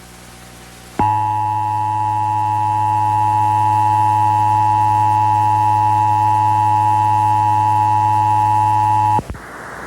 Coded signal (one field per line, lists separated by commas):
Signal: Emergency Alert System (SAME) tones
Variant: 853 and 960 Hz attention tone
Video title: (VALID TONES) EAS Recreation Mock - Idea/onics Has (Dramatically) Entered the Chat (2005/09/14)